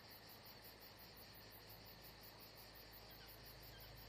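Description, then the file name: Crickets keep up a fast, even, high pulsing trill, with a low steady hum underneath. Crickets atmosphere at Saint-Jean-de-Luz. "Saint Jean De Luz Crickets Atmosphere Only Paul Parker Sven Jungbeck"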